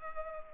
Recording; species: mosquito wingbeat signal from an infrared sensor; Culex pipiens